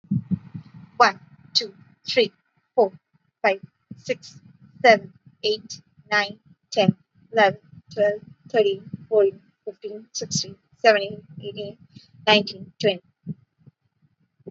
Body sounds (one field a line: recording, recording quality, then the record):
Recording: counting at a normal pace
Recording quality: excellent, no background noise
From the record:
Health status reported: healthy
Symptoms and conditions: none ticked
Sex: female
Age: 25 years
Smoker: not ticked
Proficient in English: yes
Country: India